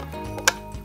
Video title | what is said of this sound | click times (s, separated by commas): 【多肉植物】【多肉棚】 🎇多肉フェスティバル＆3周年記念の木工品のご紹介。😁 | これがねこういうふうに音まんですよねこのねカチッと止まるんやけど | 0.5 s